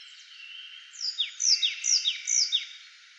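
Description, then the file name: Marsh tit calls, a short, quick run of sharp, bright downslurred high notes, following a faint buzzy note. "Poecile palustris"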